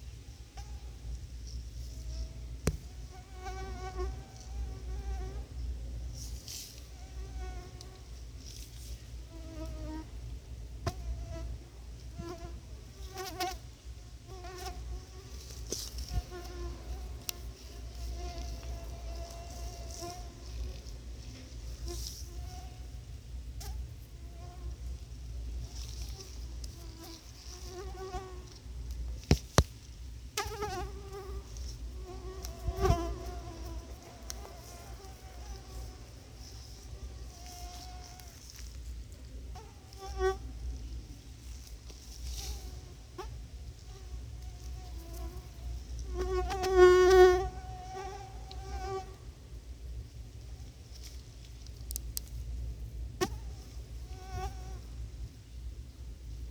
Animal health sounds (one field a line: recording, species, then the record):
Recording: mosquito flight sound by mobile phone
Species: Anopheles quadrimaculatus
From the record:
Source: Auburn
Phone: Sony Xperia